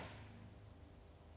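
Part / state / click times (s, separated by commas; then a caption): battery power cable plug into battery positive port / not seated / none. The red cable from a TSLM 6 kW hybrid inverter is handled and pushed toward the positive terminal port of the battery, producing a low, steady hum with faint rustling handling noise and no sharp hits. Nothing has seated or clicked yet.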